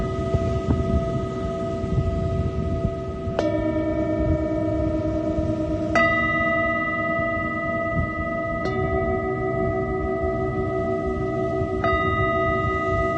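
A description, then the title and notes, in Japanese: Singing bowls ring for sound healing, each sustained tone layered over the last. New strikes land about every two to three seconds, near 3.5, 6, 8.7 and 12 seconds, shifting the pitch blend. A constant low rumble sits underneath throughout. メキシコから シンギングボウルのサウンドヒーリング ライブ。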